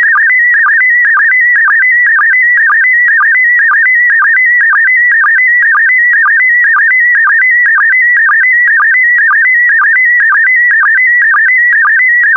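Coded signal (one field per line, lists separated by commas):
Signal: SSTV (slow-scan television)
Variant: PD120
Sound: steady warbling whistle around 2 kHz with rhythmic low chirps twice a second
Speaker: complete. You can now check your decoded image against the picture that is shown on the video.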